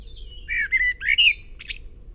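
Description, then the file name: Common blackbird, a single sweet slurred whistled phrase rising and falling, closed by a short scratchy squeak. "Turdus merula"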